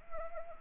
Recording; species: mosquito wingbeat signal from an infrared sensor; Anopheles arabiensis